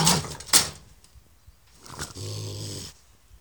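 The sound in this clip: Raccoon hisses sharply twice, then after a pause lets out a rough, breathy growl.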